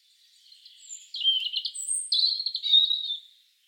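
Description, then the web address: European robin singing a high, tinkling warble in two linked parts, with thin whistled notes. "SETE Erithacus rubecula"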